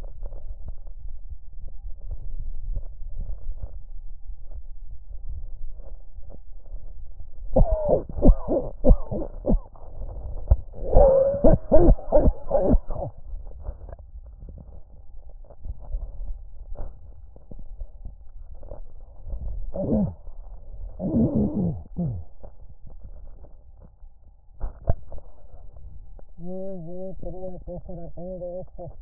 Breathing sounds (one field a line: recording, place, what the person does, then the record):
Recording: lung sounds by stethoscope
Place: right posterior basal chest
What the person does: quiet breathing, then cough and speech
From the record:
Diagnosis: pulmonary infection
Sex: female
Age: 74 years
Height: 160 cm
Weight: 66 kg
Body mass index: 25.8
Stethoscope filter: extended mode